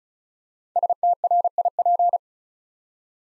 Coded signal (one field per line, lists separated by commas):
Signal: Morse code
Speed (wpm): 36 wpm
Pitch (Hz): 700 Hz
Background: none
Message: STRIP